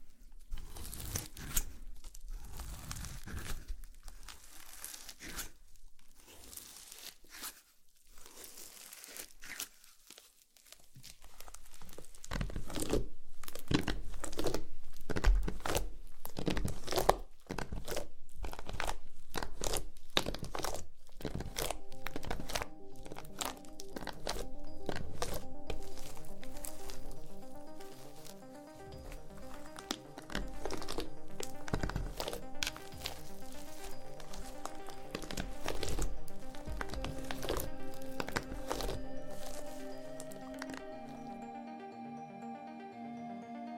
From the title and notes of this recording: ASMR SLIME SATISFYING - NO TALKING.